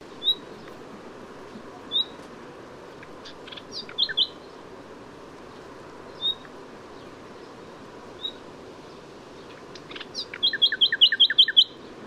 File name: Luscinia megarhynchos